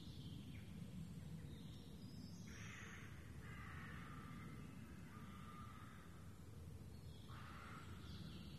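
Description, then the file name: Raven giving several drawn-out, hoarse calls against constant low noise. Ravens, more than one, in the Forêt de Rambouillet, recorded 24 May 2015. "Ravens in Foret de Rambouillet"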